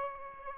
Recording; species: mosquito wingbeat signal from an infrared sensor; Aedes albopictus